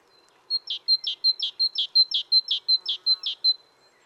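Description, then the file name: Great tit singing a rapid chain of about eight paired notes, each a thin high whistle dropping to a fuller, harsher note, steady and rhythmic. "Parus major"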